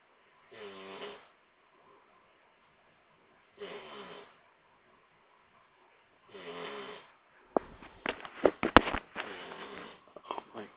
Snoring.